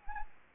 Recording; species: mosquito wingbeat signal from an infrared sensor; Anopheles gambiae